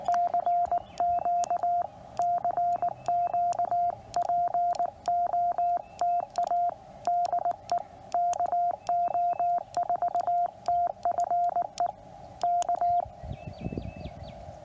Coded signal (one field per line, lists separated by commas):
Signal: Morse code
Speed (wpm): 19 wpm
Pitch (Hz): 700 Hz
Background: radio noise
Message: CQ CQ POTA DE KO4TFE K